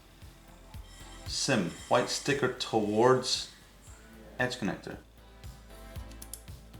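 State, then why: Seated. A new circuit card is fitted by hand into its edge connector slot, oriented with the white sticker towards the edge connector, while someone talks over quiet background music. A few faint taps come before a sharp click at 6.3 seconds as the card seats in the connector.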